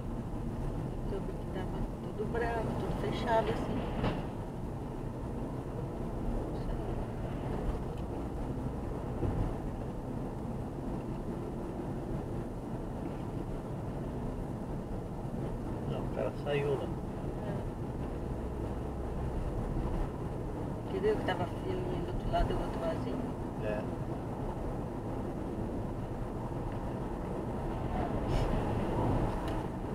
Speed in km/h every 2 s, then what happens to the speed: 53, 57, 61, 66, 70, 68, 68, 67, 70, 73, 74, 75, 78, 76, 75.
0-7 speeds up to 70. 7-15 steady at about 68. 15-23 speeds up to 78. 23-30 steady at about 76.